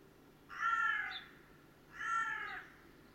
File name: Corvus corone